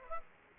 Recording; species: mosquito wingbeat signal from an infrared sensor; Aedes aegypti